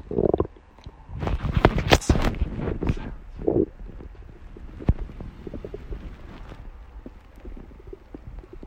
Tummy Grumblings. My tummy started gurgling so I got my phone & started recording the noise.